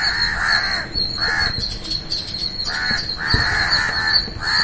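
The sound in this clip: Bird calls: rough, raspy caws in quick runs with a short pause midway, backed by continuous thin, high chirping.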